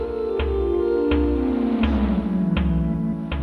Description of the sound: Sensors on the patient's body detect vital signs, and that makes the data into sound. Heart rate controls the tempo temperature determines the notes, and skin sweat drives the melody. And here's an anxious one.